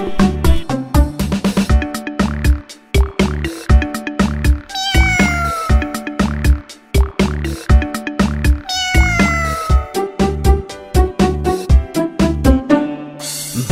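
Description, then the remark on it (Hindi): Cat meows ring out over a steady, punchy musical beat in the Hindi children's rhyme 'Billi Mausi' about a cat, with loud descending meow-like cries recurring in rhythm and a looping backing track underneath. “बिल्ली मौसी कहो कहाँ से आई हो, कितने चूहे मारे तुमने कितने खाके आई हो।”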